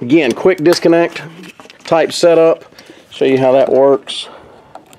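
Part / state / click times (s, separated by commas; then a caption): hose quick-disconnect fitting into the water tank outlet / seated / 4.8 s. Someone talks as the shower hose's quick-disconnect fitting is pushed into the water tank outlet port. A short tick at 4.8 s marks it snapping into place, seated.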